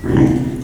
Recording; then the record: squeal of a Yucatan mini pig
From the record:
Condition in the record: after surgery on the right vocal fold (resection and tissue-engineered implant); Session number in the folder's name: 4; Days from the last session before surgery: 42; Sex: male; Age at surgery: 12 weeks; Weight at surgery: 13 kg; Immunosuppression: cyclosporine, prednisolone